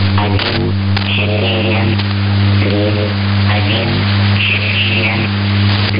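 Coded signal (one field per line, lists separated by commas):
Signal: numbers station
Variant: S06s, Russian female voice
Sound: faint, evenly spaced spoken words under a loud hum and radio hiss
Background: radio static, mains hum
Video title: 20 06 2019 S06s Russian Lady numbers station in Russian to Eu 0930 on 9256 unknown tx site USB+AM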